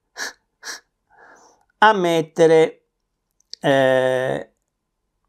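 Someone handles a component being fitted into the metal deck of an Auguse Era Pro RTA rebuildable vape tank, with short breathy bursts early on, a faint rustle, and then someone talking. A few tiny sharp ticks around 3.3–3.5 s sit between the talking. The part has not seated or clicked yet by the end of the clip.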